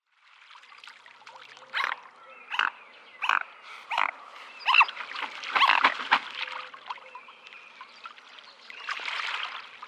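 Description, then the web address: Mute swan calls, a run of harsh, hoarse snorting bursts spaced under a second apart, growing longer, then a softer breathy rasp at the end. "Schulze Peter Mute Swan"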